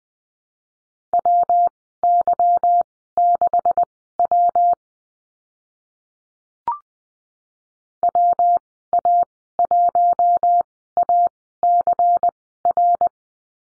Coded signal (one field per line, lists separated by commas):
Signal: Morse code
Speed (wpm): 20 wpm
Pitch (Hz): 700 Hz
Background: none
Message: WY6W WA1ACR